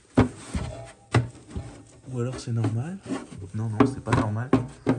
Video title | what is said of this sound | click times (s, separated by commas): SCRÉDER Z2/partie 2/2 /propre et fonctionnel #97 | et bien correctement donc là vous voyez que ça se clipse pas c'est un peu de mal ou | none